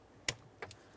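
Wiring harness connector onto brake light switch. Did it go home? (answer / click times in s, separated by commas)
yes / 0.3 s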